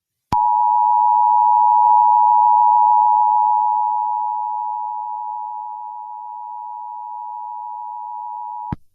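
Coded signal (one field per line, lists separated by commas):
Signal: Emergency Alert System (SAME) tones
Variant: 853 and 960 Hz attention tone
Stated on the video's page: Fictional EAS scenario alert warning that fog is coming.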